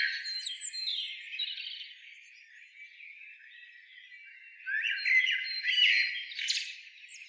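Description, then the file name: Eurasian blackbird twittering, moderately loud at first, then a quieter passage, followed by loud scratchy phrases in the final seconds. "Turdus merula"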